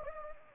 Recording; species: mosquito wingbeat signal from an infrared sensor; Anopheles gambiae